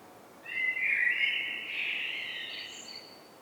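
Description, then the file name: Eurasian blackbird singing one mellow, fluting warbled phrase lasting about two and a half seconds, ending in a thinner, higher twitter. "Turdus merula"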